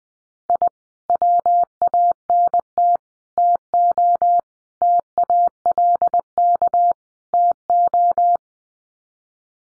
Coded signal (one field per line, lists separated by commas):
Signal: Morse code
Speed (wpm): 20 wpm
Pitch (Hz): 700 Hz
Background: none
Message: I WANT TO TALK TO